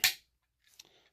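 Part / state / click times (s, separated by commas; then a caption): model van base closed into diecast body / seated / 0.0 s. With the axles set into its base, the body of an Ertl/Racing Champions American Muscle Bodyshop kit 1/64 diecast '75 Chevy Van is closed up over them, and the plastic and metal parts snap together. A sharp, bright snap at 0.0 s marks the chassis seating into the body, followed by faint small clicks and rattles from about 0.7 to 1.1 s.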